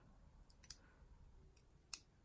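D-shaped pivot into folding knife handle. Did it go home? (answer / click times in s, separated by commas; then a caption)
yes / 1.9 s. While reassembling a Ruike P671 folding pocketknife, the D-shaped pivot is worked into the metal handle, aligned to face toward the point of the handle. A few faint ticks from handling come first, then one sharp click at 1.9 s as the pivot pops into place and seats. It had not wanted to go in before because the pivot was not facing the right direction.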